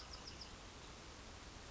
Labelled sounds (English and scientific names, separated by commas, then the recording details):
Bewick's Wren (Thryomanes bewickii)
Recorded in Sonoma County, California